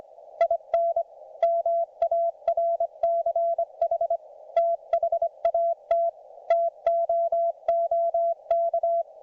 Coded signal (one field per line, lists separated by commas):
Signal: Morse code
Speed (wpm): 25 wpm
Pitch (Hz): 690 Hz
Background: none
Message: IN MARCH THAT TOOK